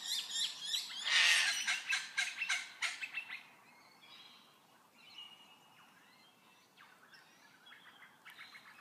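Birds burst into loud, rapid high chirps for the first few seconds, then only soft scattered tweets remain.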